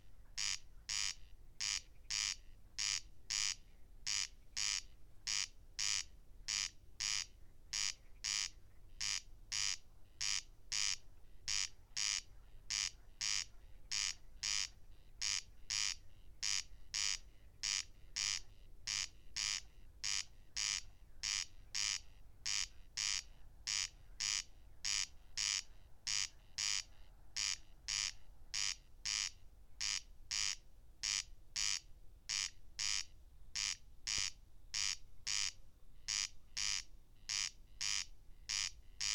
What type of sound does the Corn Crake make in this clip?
song